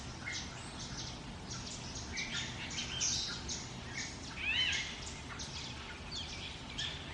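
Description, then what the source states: Parrot with a single harsh arched squawk midway, set against busy chirping birds. Jungle ambience.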